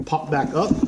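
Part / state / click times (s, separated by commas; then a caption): pedal drive unit in kayak hull well / not seated / none. A pedal drive unit sitting in the hull well of a Wilderness Systems Radar 115 or 135 fishing kayak is handled as the top of the drive is pressed down so it can pop back up into the zero-draft raised position. Someone talks throughout, and no distinct impact stands out. The clip ends just before the drive goes home, so nothing has seated or clicked yet.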